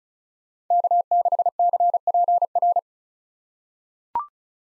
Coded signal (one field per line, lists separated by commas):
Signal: Morse code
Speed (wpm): 34 wpm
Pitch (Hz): 700 Hz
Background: none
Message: K6CPR